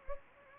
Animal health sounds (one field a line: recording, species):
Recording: mosquito wingbeat signal from an infrared sensor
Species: Anopheles gambiae